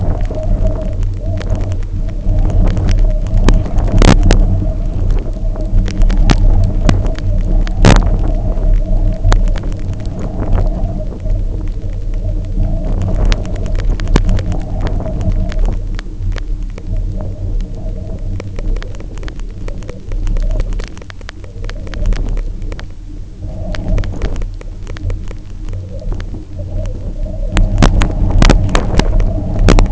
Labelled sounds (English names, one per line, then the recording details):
none
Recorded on Arctic tundra, site UTQI-0, on 27 June 2018
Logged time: 16:00